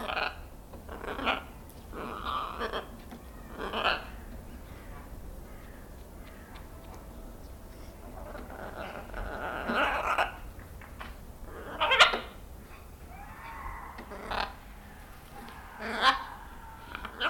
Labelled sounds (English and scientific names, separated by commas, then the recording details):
Red-fronted Macaw (Ara rubrogenys) call
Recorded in captivity
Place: Tierpark Berlin, Berlin, DE
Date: 1992-10-31 11:53
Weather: sonnig bis heiter, -2 bis 3°C
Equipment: Marantz CP 430, Sennheiser ME 80, Kopie Tesla B 116
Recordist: Tembrock, Günter